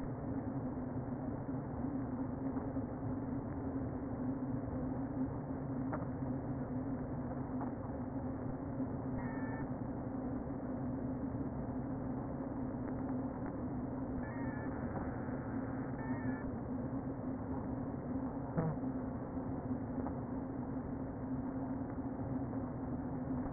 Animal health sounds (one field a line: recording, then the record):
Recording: honeybee colony, microphone inside the hive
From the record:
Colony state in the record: queen present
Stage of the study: before two queens were removed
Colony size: about 60,000 bees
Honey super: yes